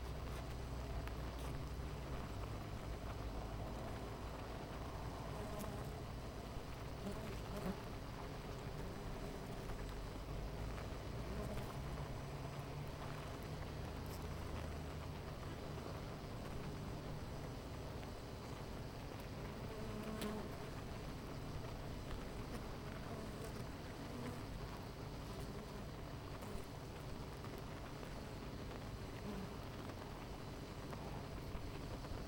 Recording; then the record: honeybee colony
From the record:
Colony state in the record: missing queen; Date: 14 July 2017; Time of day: 9:33